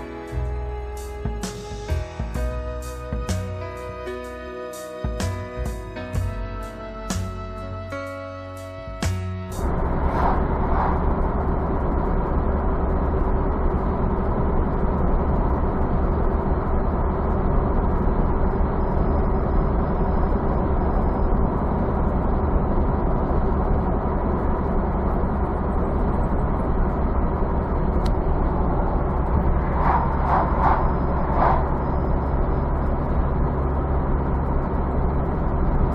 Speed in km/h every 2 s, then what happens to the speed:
75, 74, 75, 75, 75, 75, 76, 77, 77, 77, 77, 77, 77, 77, 73, 73, 72, 74.
0-36 steady at about 75.